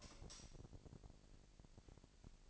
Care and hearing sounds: daily activity, microphone in the room; light off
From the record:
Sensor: 5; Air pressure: 1002.0 hPa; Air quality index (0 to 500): 248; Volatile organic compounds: 46 ppm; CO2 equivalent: 3243 ppm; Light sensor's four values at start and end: 17/40/16/18 and 17/39/16/17

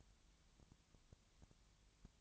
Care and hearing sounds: daily activity, microphone in the room; no activity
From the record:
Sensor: 3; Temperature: 20.6 degrees Celsius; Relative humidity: 34.7%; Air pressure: 1007.2 hPa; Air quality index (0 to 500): 137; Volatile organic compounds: 3 ppm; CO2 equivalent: 1527 ppm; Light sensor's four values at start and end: 2/3/2/2 and 2/3/2/2

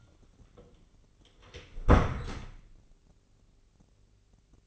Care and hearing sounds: daily activity, microphone in the room; close door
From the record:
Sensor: 4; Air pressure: 1010.0 hPa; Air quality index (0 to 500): 188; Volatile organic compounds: 3 ppm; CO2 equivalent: 1346 ppm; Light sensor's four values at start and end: 32/77/32/34 and 34/83/34/36

